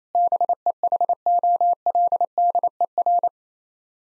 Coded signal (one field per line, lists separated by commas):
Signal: Morse code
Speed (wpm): 28 wpm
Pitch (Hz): 700 Hz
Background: none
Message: BEHOLDER